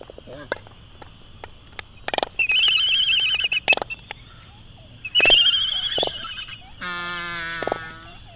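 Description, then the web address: Laysan albatross giving a long, low, nasal moan near the end, following two loud bursts of shrill, rapid chattering and sharp clacks. "wroblowe ptaki phoebastria immutabilis"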